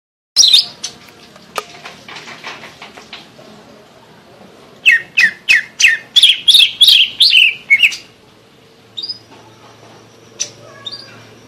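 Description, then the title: Greater green leafbird song: an opening burst of notes, then a loud fast sequence of varied whistled phrases, followed by quieter faint chirps. "Suara Burung Cucak Ijo"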